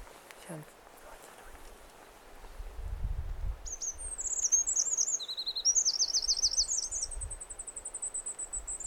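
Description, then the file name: Eurasian wren song: fast, high-pitched tumbling notes and rattling trills running continuously through the second half, over a faint background hiss. "Troglodytes troglodytes"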